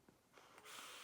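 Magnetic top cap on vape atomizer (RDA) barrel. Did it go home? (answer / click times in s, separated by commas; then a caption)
no / none. The magnetic metal top cap on a Washington RDA vape atomizer barrel by 5GVape is handled as it is spun to move the airflow down to the bottom position. Faint scraping and ticking handling sounds build, with a small sharp tick at 0.6 s and a steady hiss rising toward the end. Nothing has seated or clicked into place yet.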